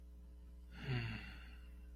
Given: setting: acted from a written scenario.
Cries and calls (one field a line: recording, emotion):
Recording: vocal sound without words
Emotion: contentment